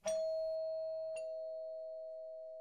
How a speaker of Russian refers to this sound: Он взялся за железный завиток, вделанный в металлическую розу возле входа, и внутри раздался тихий звон колокольчика.